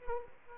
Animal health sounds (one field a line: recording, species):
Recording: mosquito wingbeat signal from an infrared sensor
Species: Aedes aegypti